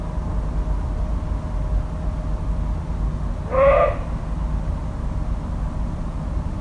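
Deer giving a single short, tonal, bleat-like call with clear harmonics, over a steady low rumble of background noise.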